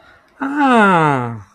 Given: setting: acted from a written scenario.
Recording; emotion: vocal sound without words; realization